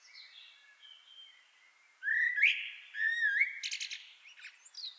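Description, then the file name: Common blackbird giving two loud, flowing fluted phrases, each closing in thin, squeaky twittering, after quieter warbles in the background. "Turdus merula"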